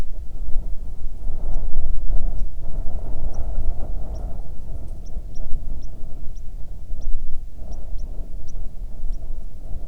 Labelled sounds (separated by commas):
songbird, wind